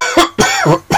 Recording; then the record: coughing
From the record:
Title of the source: Dry Coughing Fit in the Afternoon.